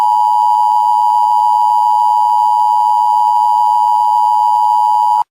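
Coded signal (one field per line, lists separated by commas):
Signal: Emergency Alert System (SAME) tones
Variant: 853 and 960 Hz attention tone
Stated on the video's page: Fictional EAS scenario using valid SAME tones.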